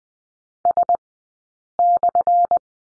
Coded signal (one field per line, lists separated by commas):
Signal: Morse code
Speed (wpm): 20 wpm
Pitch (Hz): 700 Hz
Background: none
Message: S/